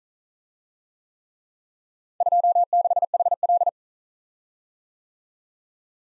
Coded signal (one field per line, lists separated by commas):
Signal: Morse code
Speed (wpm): 41 wpm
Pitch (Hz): 700 Hz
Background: none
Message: 26HL